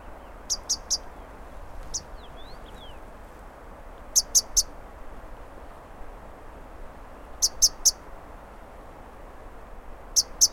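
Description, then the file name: Himalayan beautiful rosefinch uttering clipped, high-pitched triple clicks, with a single note between, the bursts recurring every few seconds over constant soft hiss. "rosefinch-himalayan-beautiful -Carpodacus-pulcherrimus"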